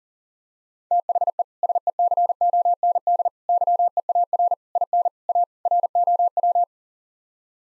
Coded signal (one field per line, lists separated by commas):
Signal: Morse code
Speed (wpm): 40 wpm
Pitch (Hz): 700 Hz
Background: none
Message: THE SECOND YEAR IN A ROW